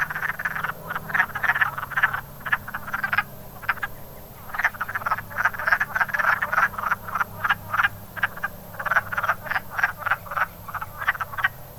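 Chorus of wood frogs, hoarse chuckling croaks in dense runs broken by a short lull, low hum underneath.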